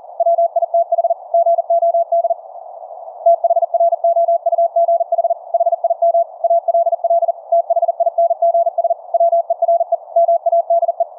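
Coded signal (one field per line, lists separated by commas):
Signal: Morse code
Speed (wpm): 40 wpm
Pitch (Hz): 680 Hz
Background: none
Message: WITH GOD THROUGH HIM ALL THINGS WERE MADE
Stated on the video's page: QRQ CW on 630 meters from a transmitter on 475 kHz in LSB AFCW mode, monitored on a shortwave receiver tuned to the 4th harmonic in LSB.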